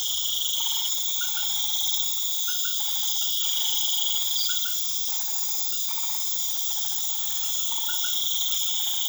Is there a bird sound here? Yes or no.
no